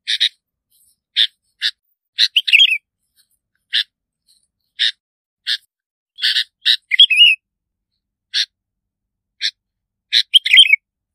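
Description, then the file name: Bulbul gives repeated short, sharp notes at irregular intervals, several followed by quick wavering whistled flourishes. "Tieng chao mao bong lau"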